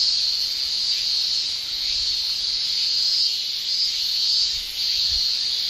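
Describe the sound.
Cicada calling with a constant high-pitched buzzing drone that swells and dips slightly.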